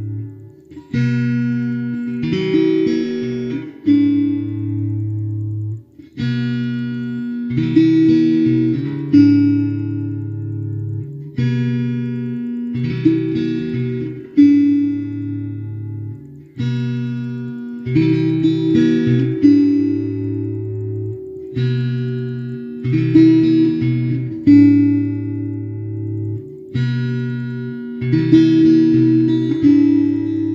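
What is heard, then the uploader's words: A steel tongue drum is played in a slow, repeating pattern, each phrase of ringing, bell-like notes lasting a few seconds before a brief gap. The tones sustain and overlap, low and mellow with a faint bright shimmer, and the cycle recurs about every five seconds. Playing a new steel drum, called a tongue drum.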